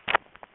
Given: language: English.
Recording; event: throat vibration sensor signal played as sound; swallow